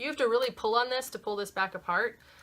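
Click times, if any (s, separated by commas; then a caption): none. A lipstick cap is handled on a plastic Urban Decay Vice lipstick tube, pulled firmly apart from the tube before being pushed back on. Someone talks throughout, and no click or snap is heard. Nothing has seated or clicked yet.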